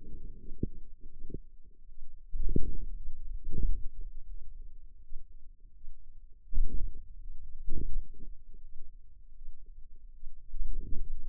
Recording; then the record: forearm muscle sounds (acoustic myography)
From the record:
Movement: hand closing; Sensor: system 2, bracelet of six BSWA MPA416 microphones around the upper forearm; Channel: 5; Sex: female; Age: 23 years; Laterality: right